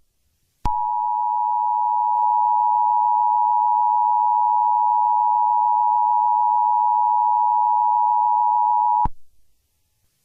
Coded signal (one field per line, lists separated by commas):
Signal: Emergency Alert System (SAME) tones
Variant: 853 and 960 Hz attention tone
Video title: Within the Mist 2 | An EAS Scenario